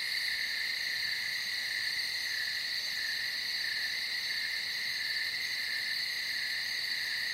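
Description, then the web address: Cicada: constant high insect drone of cicadas, even and unbroken, with a thin hiss on top. Cicadas heard in nature at night. "som da natureza noturna com cigarras"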